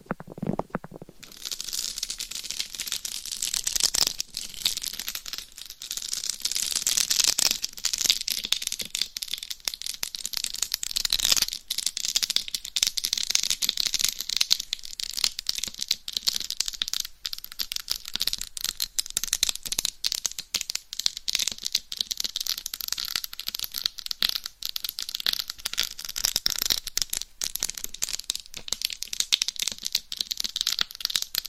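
Scratching on a dummy head mic with a cover: a dense, bright, rasping rustle that runs almost without pause for the full half-minute, made of quick, uneven strokes. A few soft low thumps land near the start and around six seconds.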